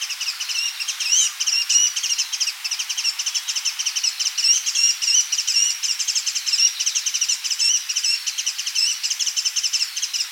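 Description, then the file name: Asian brown flycatcher giving a steady run of fine, high chirps and short slurred whistles in close succession. "Muscicapa dauurica"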